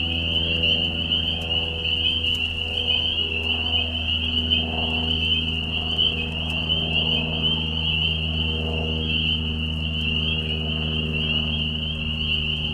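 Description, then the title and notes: Spring peepers calling together in a continuous shrill whistling chorus, while a deeper steady hum runs underneath. Mating call chorus in a marsh at night during a very short spring season, Tiny Marsh Conservation Area, Tiny, Ontario; high whistles at low volume. "Peeper frogs in the spring. This is a recording made of Peeper frogs in a marsh at night. This is a mating call that happens during a very short season in the Spring. Recorded at the Tiny Marsh Conservation area in Tiny, Ontario. Recorded by Anton Pickard. Music for Sleep project"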